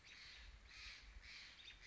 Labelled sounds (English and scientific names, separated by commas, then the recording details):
Steller's Jay (Cyanocitta stelleri)
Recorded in Sonoma County, California